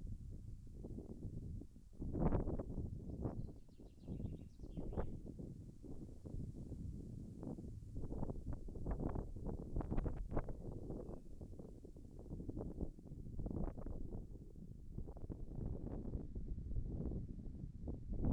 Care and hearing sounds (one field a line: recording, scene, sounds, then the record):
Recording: everyday scene through a hearing-aid microphone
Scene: wind on the microphone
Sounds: wind, birds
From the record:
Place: in front of a rural house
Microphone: behind the ear, left, front